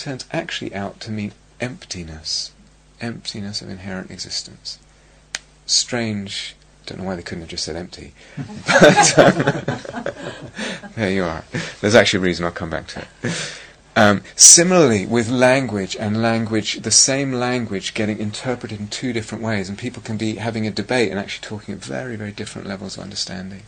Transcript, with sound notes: It actually turns out to mean 'emptiness,' emptiness of inherent existence. Strange -- I don't know why they couldn't have just said 'empty.' [laughter] There you are. There's actually a reason; I'll come back to it. Similarly with language, and the same language getting interpreted in two different ways, and people can be having a debate and actually be talking at very, very different levels of understanding.